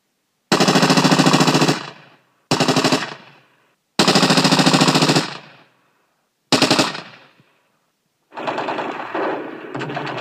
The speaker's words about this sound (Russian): Ракетная установка с правого борта транспортника на данный момент смотрела вверх, однако гаусс-пулемет по левому борту исправно поливал находящиеся внизу поместье потоками трассирующих пуль.